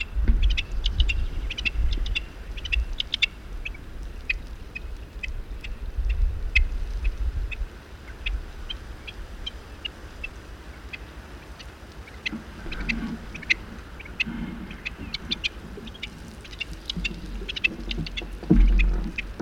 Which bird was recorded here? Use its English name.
Rock Partridge